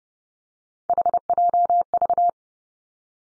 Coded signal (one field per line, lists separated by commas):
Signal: Morse code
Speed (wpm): 30 wpm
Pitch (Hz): 700 Hz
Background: none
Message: HJV